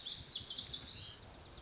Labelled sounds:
Lazuli Bunting
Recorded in Sonoma County, California

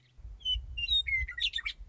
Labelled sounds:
Western Meadowlark
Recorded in Sonoma County, California

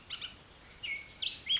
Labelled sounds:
Bullock's Oriole
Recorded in Sonoma County, California

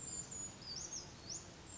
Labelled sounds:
Brown Creeper
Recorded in Sonoma County, California

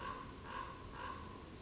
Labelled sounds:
Common Raven
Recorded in Sonoma County, California

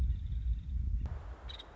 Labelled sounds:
Nuttall's Woodpecker
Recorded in Sonoma County, California

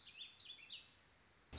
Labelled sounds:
Warbling Vireo
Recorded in Sonoma County, California

